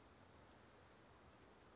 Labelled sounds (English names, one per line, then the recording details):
Western Flycatcher
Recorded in Sonoma County, California